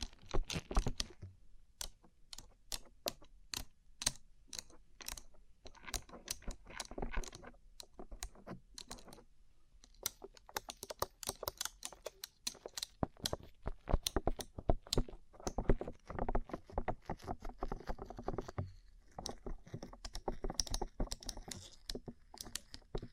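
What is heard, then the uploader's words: Rhinestone-covered surfaces are tapped in quick, irregular bursts of sharp, bright clicks, much like fast typing. The taps come densely for most of the 23 seconds, with brief pauses near 1, 9 and 19 seconds, and some later taps carry a faint glassy ring. ASMR Rhinestone Covered Tapping 3Dio (No Talking).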